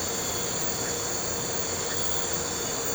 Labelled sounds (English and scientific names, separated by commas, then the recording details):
none
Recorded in pastures near Puerto Asís, Putumayo, Colombia, on 4 March 2025 at 03:00
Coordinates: 0.466, -76.322
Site CSA-02